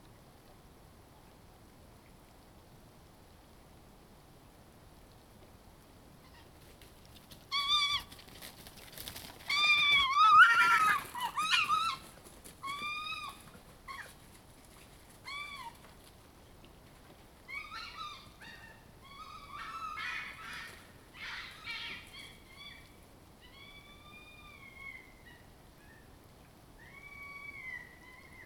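A soundscape from the eastern Parry Sound District of Ontario, starting with about seven seconds of quiet low hiss. Then come repeated bright, wavering animal or bird calls with a meowing quality, loudest and most clustered around ten to twelve seconds, recurring in short bursts until the end.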